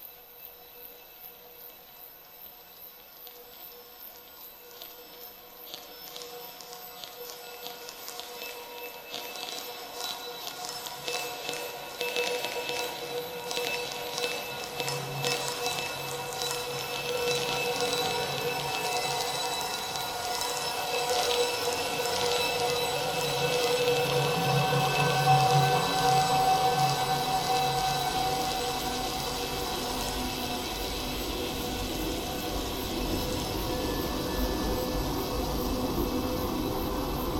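Metal Baoding balls, heavily processed into a dense, layered wash of ringing tones and rattling texture. It begins quiet and thin, then swells steadily over the first twenty seconds, with low rumbling surges around fifteen and twenty-five seconds before settling into a sustained, even drone.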